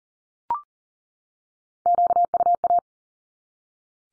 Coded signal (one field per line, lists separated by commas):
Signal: Morse code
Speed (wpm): 40 wpm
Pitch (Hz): 700 Hz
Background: none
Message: QUA